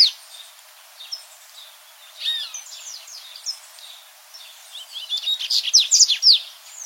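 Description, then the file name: Dubois's seedeater song: scattered thin, sweeping high notes, then a quick burst of bright, sharply descending notes near the end. "Canto do Papa capim de costas cinzas"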